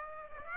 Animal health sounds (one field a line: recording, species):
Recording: mosquito wingbeat signal from an infrared sensor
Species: Aedes aegypti